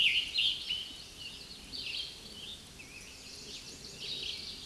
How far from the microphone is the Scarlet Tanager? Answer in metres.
about 15 m